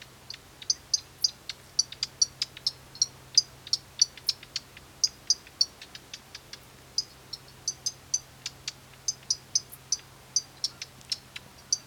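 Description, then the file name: Pallas's grasshopper warbler gives hard, high ticking calls, often in pairs or small clusters, repeated irregularly throughout, with fainter clicks mixed in. Sharp call type. "locustella certhiola sharp"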